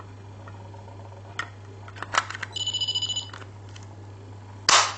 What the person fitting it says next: snaps into place nicely like that